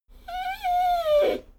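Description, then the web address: Dogo Argentino whine, a single drawn-out tonal whimper that rises slightly, then slides gently downward before breaking into a breathy end, about a second long. Whine described as sad. "soundpool geraeusche natur-tiere hunde"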